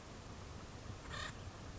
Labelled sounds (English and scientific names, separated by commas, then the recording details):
Acorn Woodpecker (Melanerpes formicivorus)
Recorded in Sonoma County, California